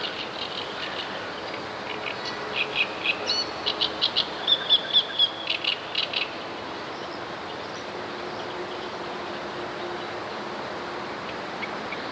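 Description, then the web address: Great reed warbler song: a few seconds of loud, scratchy, repeated notes in a rhythmic string, followed by steady background hiss. "wroblowe kolekcja trzciniak"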